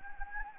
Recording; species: mosquito wingbeat signal from an infrared sensor; Anopheles gambiae